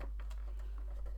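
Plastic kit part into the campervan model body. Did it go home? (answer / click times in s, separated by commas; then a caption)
no / none. A plastic part from a die-cast VW T1 Samba campervan model kit is handled and pushed against the model body, producing faint light ticks and rustles near 0.0 and 0.2 seconds over a steady low hum. Nothing has seated or clicked into place yet.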